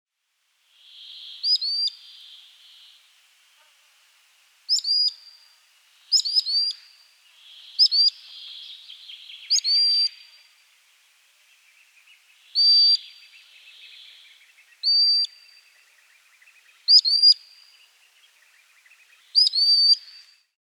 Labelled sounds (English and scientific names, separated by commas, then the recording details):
Common Sandpiper (Actitis hypoleucos)
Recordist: Frommolt, Karl-Heinz
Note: Rufe